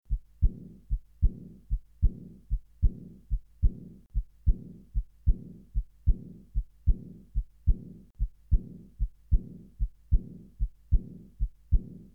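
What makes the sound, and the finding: Heart by stethoscope. Aortic regurgitation murmur.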